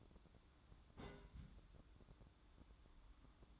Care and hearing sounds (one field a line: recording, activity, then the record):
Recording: daily activity, microphone in the room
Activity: place on stove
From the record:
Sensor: 3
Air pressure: 1008.0 hPa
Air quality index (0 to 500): 118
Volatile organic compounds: 2 ppm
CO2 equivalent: 985 ppm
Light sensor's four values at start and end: 9/20/8/8 and 9/20/8/8